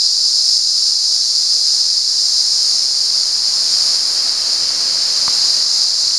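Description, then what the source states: Cicada song, a continuous high, hissing buzz held steady throughout, with a faint click near the end. At San Ramon.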